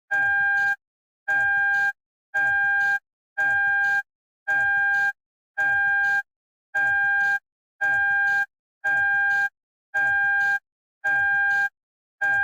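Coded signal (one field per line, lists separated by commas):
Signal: alarm pattern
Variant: Toyota car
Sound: twelve evenly spaced steady electronic beeps, about one per second, harmonically rich tone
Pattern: 12 short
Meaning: Seatbelt not fastened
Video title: Toyota car seatbelt beep sound effect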